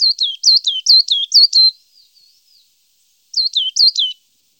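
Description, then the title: Coal tit song: a fast series of high, sharply falling notes, a few faint twitters, a pause, then the series again. Recorded in Germany, Austria and Switzerland. "Tannenmeise"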